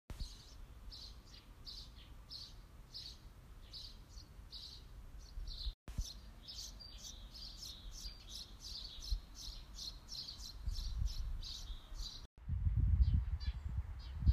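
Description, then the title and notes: House sparrow giving a rapid series of short, high chirps, roughly three per second, over low rumbling background noise. Female. "Lydopptak av gråspurv eller pilfink. Gråspurv hunn"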